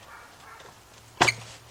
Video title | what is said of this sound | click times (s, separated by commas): Chrysler 300 Town Country Dodge Charger Caravan Jeep Cherokee Wrangler Ram 1500 Rocker Arms Part 1 | to the air tube and you want to pick it up and you'll hear it pop out of there | 1.2 s